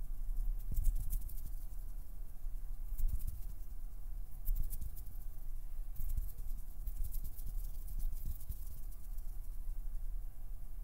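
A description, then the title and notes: Soft finger sounds: quick plucking, pinching and fluttering movements, arriving in bursts of crisp rustly ticks around 1, 3, 4.5 and 6 to 8 seconds. Beneath them runs a steady low hum, with no voice present. PLUCKING, PINCHING, FINGER FLUTTERING, PERSONAL ATTENTION - NO TALKING.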